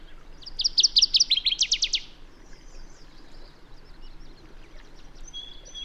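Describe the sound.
Bird song, a rapid series of high, sharp notes for about one and a half seconds, followed by faint twittering.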